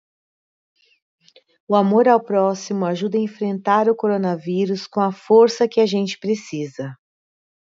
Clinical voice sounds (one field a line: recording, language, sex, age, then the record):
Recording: spoken sentence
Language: Brazilian Portuguese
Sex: female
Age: 40 to 49 years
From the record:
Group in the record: control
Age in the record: 49 years